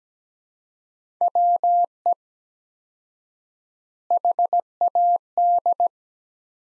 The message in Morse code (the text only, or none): WE HAD